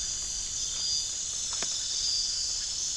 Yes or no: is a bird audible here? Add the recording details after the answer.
no. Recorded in pastures near Puerto Asís, Putumayo, Colombia, on 25 June 2025 at 03:00. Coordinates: 0.466, -76.322. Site GP07